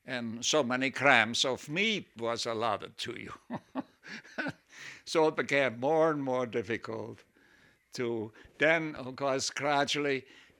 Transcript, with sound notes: And so many grams of meat was allotted to you. (he laughs) So it became more and more difficult to, then, of course, gradually,